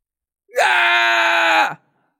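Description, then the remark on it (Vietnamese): A man lets out one long, loud anguished scream as countless lightning flashes press down on him, holding a steady strained pitch for over a second before it sags downward and cuts off, with no other sound around it; from the audiobook Thế Giới Hoàn Mỹ by Thần Đông. “Mã Nguyên hét thảm, gương mặt méo mó, trong mắt tràn ngập vẻ tuyệt vọng, vô vàn ánh chớp như kia ép xuống nên đã mang tới nguyền rủa không cách nào tưởng tượng nổi.”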